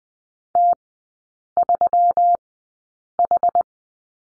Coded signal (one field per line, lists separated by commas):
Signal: Morse code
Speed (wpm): 20 wpm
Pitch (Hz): 700 Hz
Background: none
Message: T3H